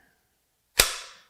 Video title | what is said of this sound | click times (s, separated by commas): Haley Strategic Double Pistol Mag Pouch - Secure Elastic Retention | how it clicks right in on the index point. | 0.8 s